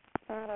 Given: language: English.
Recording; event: throat vibration sensor signal played as sound; speech